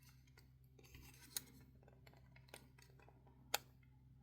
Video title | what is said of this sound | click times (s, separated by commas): Mr mo and buddy appreciation build part 17. final chassis assembly | You just gotta find the right spot so it clicks right into place right there. | 3.5 s